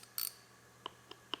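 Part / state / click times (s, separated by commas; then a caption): bolt retaining collar into airbag module mounting hole / seated / 0.2 s, 1.3 s. Small plastic retaining collars on the airbag mounting bolts of a Pontiac Grand Am GT are pushed into the airbag module's mounting holes until they snap in. Sharp, short clicks are heard at 0.2 s and 1.3 s, with smaller clicks at about 0.9 s and 1.1 s. The collars seat in place.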